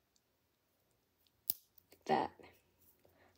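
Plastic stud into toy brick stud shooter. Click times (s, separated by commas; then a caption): 1.5 s. A round plastic stud is pushed sideways into the magazine slot of a plastic toy brick stud shooter and snaps in with a sharp click at 1.5 seconds, seating in place. Someone talks right after the click.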